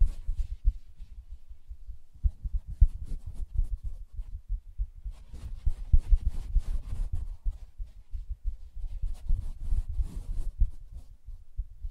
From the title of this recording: Soft Fabric Surface Tapping & Scratching